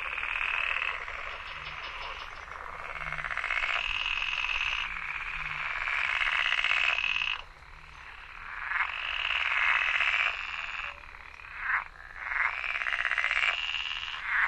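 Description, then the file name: Pool frog chorus: dense overlapping pulsed, rattling croaks from several callers, continuous with brief dips. "grenouille de lessona"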